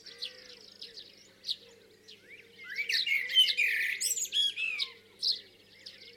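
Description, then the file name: Common blackbird singing a warbling phrase around the middle, amid high twittering from other birds and a faint steady low hum. "Turdus merula"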